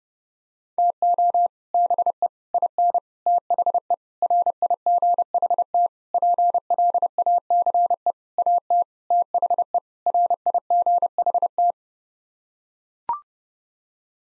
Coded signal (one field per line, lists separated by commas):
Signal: Morse code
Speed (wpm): 30 wpm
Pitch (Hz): 700 Hz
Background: none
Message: TO BE IN THE RIGHT PLACE AT THE RIGHT